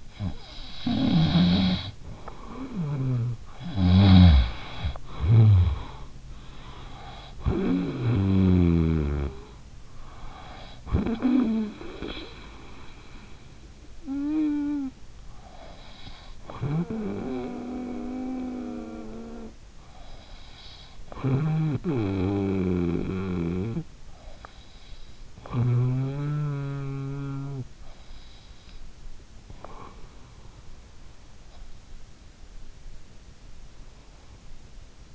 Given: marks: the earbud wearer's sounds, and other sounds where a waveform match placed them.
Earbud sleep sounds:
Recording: sounds in sleep by an in-ear microphone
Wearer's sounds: snoring breath, breath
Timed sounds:
0.00-29.12 s: snoring breath
29.12-30.65 s: breath

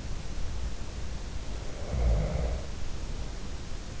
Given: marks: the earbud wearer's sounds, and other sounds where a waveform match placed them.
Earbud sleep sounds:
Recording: sounds in sleep by an in-ear microphone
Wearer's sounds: snoring breath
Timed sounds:
1.39-3.75 s: snoring breath

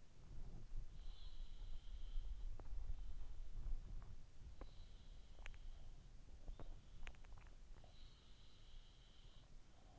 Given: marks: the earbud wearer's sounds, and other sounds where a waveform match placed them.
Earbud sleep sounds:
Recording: sounds in sleep by an in-ear microphone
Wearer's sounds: body movement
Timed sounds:
0.00-6.25 s: body movement
1.10-4.38 s: sound from someone else or the room
7.89-9.99 s: sound from someone else or the room

